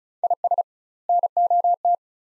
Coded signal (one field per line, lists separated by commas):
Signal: Morse code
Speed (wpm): 36 wpm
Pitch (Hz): 700 Hz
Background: none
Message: IS NOT